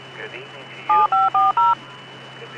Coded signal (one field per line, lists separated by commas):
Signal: DTMF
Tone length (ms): 180 ms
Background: speech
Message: 7540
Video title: Let's Listen to 2m traffic! 03rd of May 2026